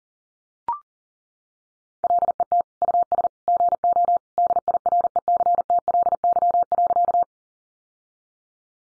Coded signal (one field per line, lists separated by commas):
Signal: Morse code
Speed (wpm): 40 wpm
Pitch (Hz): 700 Hz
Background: none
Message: LET US GO DIRECTLY.